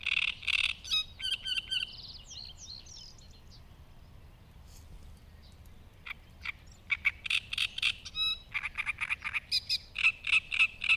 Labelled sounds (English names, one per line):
Great Reed Warbler song